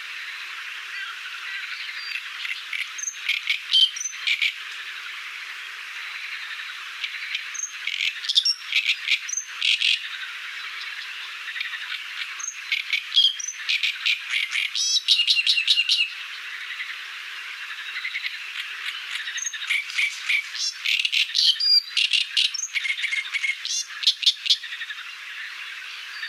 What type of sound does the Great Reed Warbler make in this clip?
song